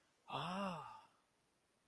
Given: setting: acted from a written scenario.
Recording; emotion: vocal sound without words; negative surprise